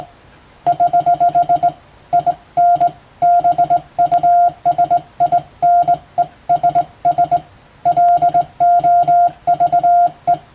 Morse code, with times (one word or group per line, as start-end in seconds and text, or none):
0.7-1.7 <HH>
2.1-2.9 IN
3.2-7.4 BUSINESS
7.9-10.3 LOVE